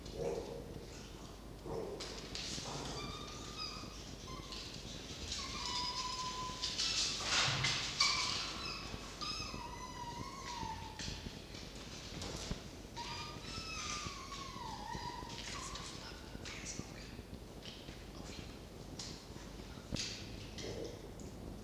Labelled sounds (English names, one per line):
Red Fox